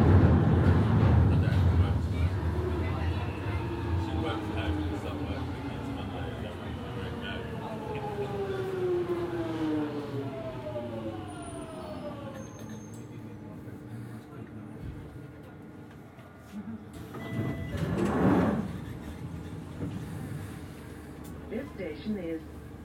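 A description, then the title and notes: A London Underground Jubilee Line train runs with a heavy low rumble that is loudest at the start, then eases. Rising and falling whining tones sweep through the middle as the train changes speed. Near eighteen seconds a brief burst of rushing noise passes, then the rumble settles lower. London Underground Tube Train Journey on the Jubilee Line.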